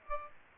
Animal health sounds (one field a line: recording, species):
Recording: mosquito wingbeat signal from an infrared sensor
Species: Aedes aegypti